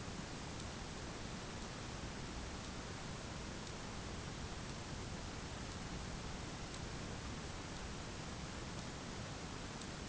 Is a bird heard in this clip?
no